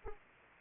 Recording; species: mosquito wingbeat signal from an infrared sensor; Anopheles arabiensis